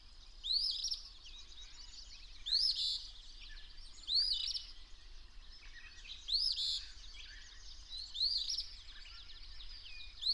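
Bird singing short rising whistled phrases about every two seconds, each with a fluttering ending, against a constant thin high whine and soft background noise.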